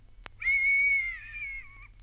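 A person whistles one long, steady high note that holds for over a second, then wavers and slides slightly lower before cutting off. No one speaks.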